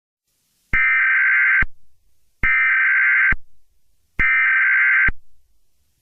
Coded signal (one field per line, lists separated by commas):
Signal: Emergency Alert System (SAME) tones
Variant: header bursts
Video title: An Unwanted Abduction (EAS Valentine's Day Special)